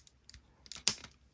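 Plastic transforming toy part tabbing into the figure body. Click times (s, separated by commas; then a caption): 0.9 s. During the transformation of a Takara Tomy Masterpiece MP-25 Tracks plastic transforming robot figure, a part is pushed in until its tabs engage with the figure body. A few faint plastic ticks and rubbing come first, then a sharp snap at 0.9 s as the tabs seat into place.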